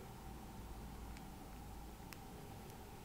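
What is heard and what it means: A hard plastic OtterBox Commuter Series case shell is worked into place with extra effort onto an HTC One S smartphone fitted with a rubber sleeve, over a steady low hiss and hum. A faint tick comes at 1.2 s, then a sharp, short snap at 2.1 s as the shell seats on the phone.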